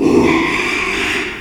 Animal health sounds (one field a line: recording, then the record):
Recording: squeal of a Yucatan mini pig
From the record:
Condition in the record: after surgery on the right vocal fold (resection and tissue-engineered implant)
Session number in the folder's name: 1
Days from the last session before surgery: 6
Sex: male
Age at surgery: 12 weeks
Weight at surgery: 13 kg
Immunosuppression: cyclosporine, prednisolone